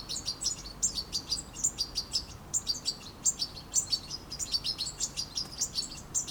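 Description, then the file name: European goldfinch twittering: sharp, high chips repeated in quick clusters, a lively tinkling pattern over quiet background hiss. "Carduelis carduelis"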